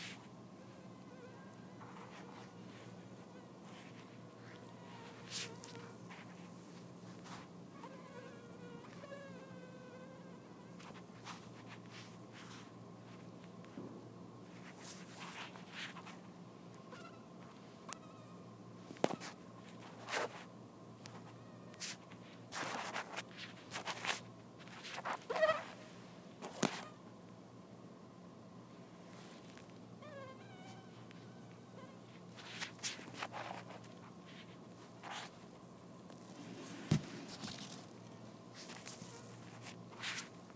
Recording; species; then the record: mosquito flight sound by mobile phone; Anopheles dirus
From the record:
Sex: female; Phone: iPhone 4S